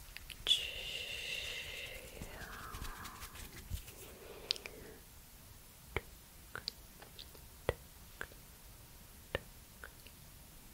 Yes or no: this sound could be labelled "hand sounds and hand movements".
yes